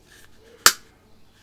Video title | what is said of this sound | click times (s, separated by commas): Coffee problems solved with 3D Printing | not breaking the thread it's just not just off clicking out of the thread | 0.7 s